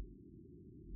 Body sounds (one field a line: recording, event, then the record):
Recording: neck accelerometer signal played as sound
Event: no cough (speech, laughter, throat clearing or background)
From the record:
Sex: female